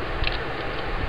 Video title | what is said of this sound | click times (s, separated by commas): Transformers: Cybertron: Deluxe Class Buzzsaw | first you're going to want to come back here to the legs and bring them down and you'll hear click | 0.3 s